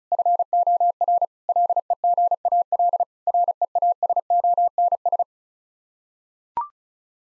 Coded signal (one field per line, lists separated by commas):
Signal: Morse code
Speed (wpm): 36 wpm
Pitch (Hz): 700 Hz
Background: none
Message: FOR LEGAL REASONS